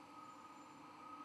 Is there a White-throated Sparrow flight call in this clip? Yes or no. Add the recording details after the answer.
no. No flight call is heard. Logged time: 23:06 on 11 November 2014